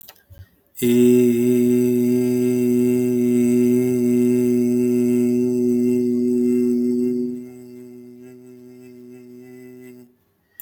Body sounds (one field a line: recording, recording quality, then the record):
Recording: sustained vowel as in made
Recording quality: excellent, no background noise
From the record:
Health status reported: healthy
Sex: male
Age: 34 years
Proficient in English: yes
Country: India